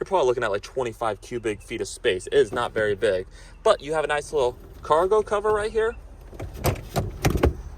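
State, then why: Seated. Someone talks while a retractable cargo cover in the trunk of a 2025 Subaru Crosstrek is pulled across, then a few short, sharp clicks are heard near the end. The cover's end clips into the trunk side mount and locks into place at 7.3 s, simply and easily.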